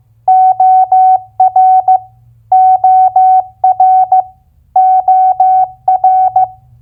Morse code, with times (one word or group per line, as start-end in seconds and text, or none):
0.3-2.0 OR
2.5-4.2 OR
4.8-6.4 OR